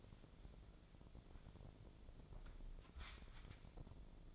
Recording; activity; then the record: daily activity, microphone in the room; wipe stove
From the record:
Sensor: 5